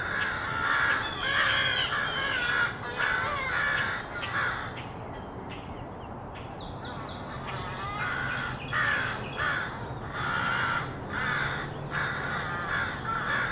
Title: Field Recording: The Wild and Raucous Sounds of Crows Cawing in the Treetops